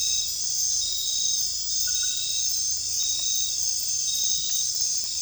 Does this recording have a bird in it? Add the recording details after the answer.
no. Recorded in dense forest near Puerto Asís, Putumayo, Colombia, on 21 December 2024 at 20:30. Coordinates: 0.484, -76.317. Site G026